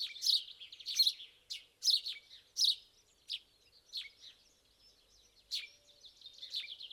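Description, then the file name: House sparrow chirps, harsh and high, in short bursts, becoming softer and more scattered in the second half. "Passer domesticus"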